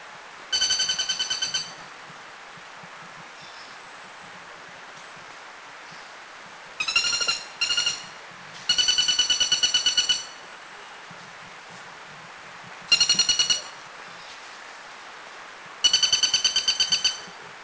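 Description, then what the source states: Greater flameback giving loud, rapid rattling trills of evenly spaced notes, bursts lasting from under half a second to about one and a half seconds, repeated in series with pauses between. Recorded in northern Thailand.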